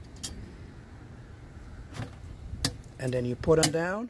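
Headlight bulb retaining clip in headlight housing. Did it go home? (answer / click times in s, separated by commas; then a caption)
yes / 2.6 s. On a 2005 Scion xA, the metal headlight bulb retaining clip is swung down over the bulb flange in the headlight housing and snaps into its catch with a sharp click at 2.6 s. The clip seats and holds the bulb so it can't come out. Someone talks near the end.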